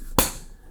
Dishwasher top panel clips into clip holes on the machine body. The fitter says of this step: down. And you should hear a click.